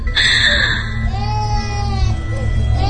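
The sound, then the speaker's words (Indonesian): A small child cries in high, wavering wails that rise and fall over a steady low droning hum, continuous and fairly loud throughout. “Sampai kini suara tangisan anak kecil itu kembali terdengar.”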